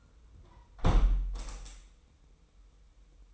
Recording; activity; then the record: daily activity, microphone in the room; close window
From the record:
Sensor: 1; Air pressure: 990.4 hPa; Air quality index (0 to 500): 163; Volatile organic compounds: 1000 ppm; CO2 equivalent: 5942 ppm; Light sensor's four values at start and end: 20/45/19/21 and 20/46/20/21